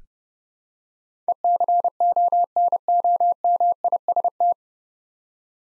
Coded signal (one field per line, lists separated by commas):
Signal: Morse code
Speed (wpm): 30 wpm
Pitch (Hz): 700 Hz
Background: none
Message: ECONOMIST